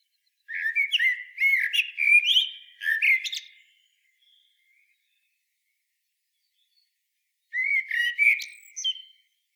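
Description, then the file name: Common blackbird song: a run of low whistled, warbling notes with scratchy high flourishes, a quiet gap, then a shorter fluty phrase near the end. "Turdus merula"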